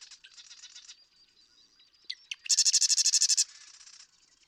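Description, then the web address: Marsh Wren song: a softer trill, two sharp clicks, then a loud fast rattle about a second long, fading to quieter chatter. "birdsongforthecurious Marsh Wren"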